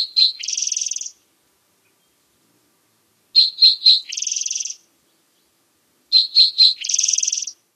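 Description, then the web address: Spotted towhee song, a few short sharp introductory notes followed by a high buzzy trill, phrase repeated three times about every three seconds. Recorded in North America. "Songs of Birds of North America Stokes. Spotted Towhee"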